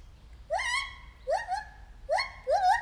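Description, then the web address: White-handed gibbon calls, four rising hoots that sweep up and then level into a held note. Recorded at Debrecen Zoo in 2019 during a first encounter. "allathangok debrecenizoo 2019 feherkezu gibbon elsotalalkozasunk"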